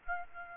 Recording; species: mosquito wingbeat signal from an infrared sensor; Aedes aegypti